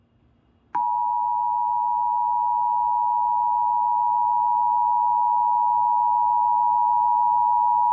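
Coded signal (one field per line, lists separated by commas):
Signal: Emergency Alert System (SAME) tones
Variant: 853 and 960 Hz attention tone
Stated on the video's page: Retro-styled Emergency Alert System alert, apparently a recreation.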